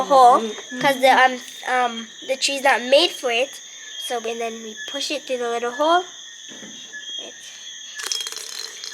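Someone talks while pushing the tail of a plastic zip tie through its locking head to fasten Christmas tree parts outdoors, with a steady high-pitched drone running underneath. Sharp, short ratcheting clicks follow at 8.1, 8.1, 8.4 and 8.8 seconds as the zip tie ratchets closed and seats.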